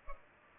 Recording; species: mosquito wingbeat signal from an infrared sensor; Culex pipiens